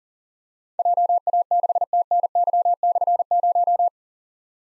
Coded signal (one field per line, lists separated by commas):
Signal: Morse code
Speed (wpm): 37 wpm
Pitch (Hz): 700 Hz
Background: none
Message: JA6TNY/0